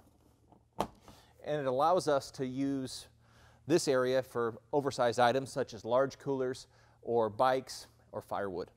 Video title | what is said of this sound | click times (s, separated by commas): Fresh Takes Passport Rear Access Door | door opens up this bottom bunk which is a double over double system folds right up and locks into place and it | 0.8 s